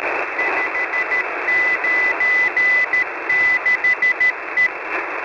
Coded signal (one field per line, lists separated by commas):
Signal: Morse code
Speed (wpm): 13 wpm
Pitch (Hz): 2000 Hz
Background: radio noise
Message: 596E